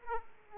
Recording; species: mosquito wingbeat signal from an infrared sensor; Aedes aegypti